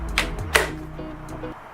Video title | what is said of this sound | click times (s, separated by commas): HATSAN VECTIS Lever Action PCP Air Rifle Full REVIEW Unboxing! | can hear that positive click when it engages | 0.2 s